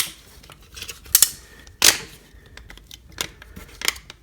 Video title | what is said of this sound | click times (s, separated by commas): FansHobby MB-02 MEGATOOTH | down the leg and they should snap into place you should feel a click when you slide them all the way down here | 1.1 s